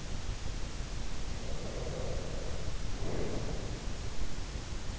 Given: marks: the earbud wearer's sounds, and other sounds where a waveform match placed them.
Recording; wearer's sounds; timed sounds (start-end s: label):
sounds in sleep by an in-ear microphone; breath
1.41-3.98 s: breath